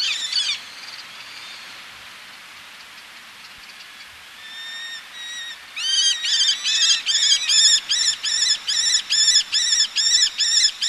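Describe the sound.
Eleonora's falcon: a harsh burst, several seconds of thin faint whining, then a rapid series of grating, squawking kek notes to the end.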